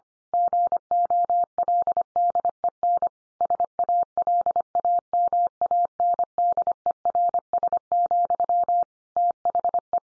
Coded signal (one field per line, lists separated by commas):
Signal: Morse code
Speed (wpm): 25 wpm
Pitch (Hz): 700 Hz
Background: none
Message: GOLDEN SALAMANDERS, THE